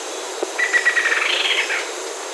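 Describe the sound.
Bird giving a quick burst of scratchy chirps that rise slightly and fade after about a second, against a constant hiss.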